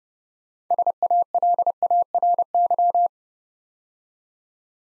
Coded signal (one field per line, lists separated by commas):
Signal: Morse code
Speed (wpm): 31 wpm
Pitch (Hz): 700 Hz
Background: none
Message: SALARY